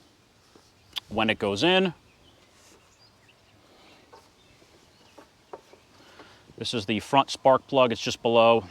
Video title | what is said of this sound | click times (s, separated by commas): Kohler Generator Oil Change | and clean make sure this rubber grommet goes on evenly it should you should feel pop into place | 1.0 s